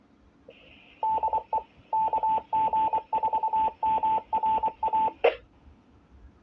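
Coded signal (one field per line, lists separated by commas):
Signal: Morse code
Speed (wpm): 24 wpm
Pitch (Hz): 880 Hz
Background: none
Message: DE KG4MRA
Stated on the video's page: Heard on UHF simplex radio nets for marathon logistics and medical support.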